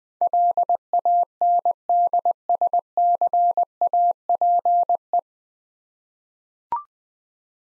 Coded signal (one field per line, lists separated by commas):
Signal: Morse code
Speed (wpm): 20 wpm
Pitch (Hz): 700 Hz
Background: none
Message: LANDSCAPE